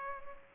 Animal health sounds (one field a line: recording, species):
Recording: mosquito wingbeat signal from an infrared sensor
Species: Culex pipiens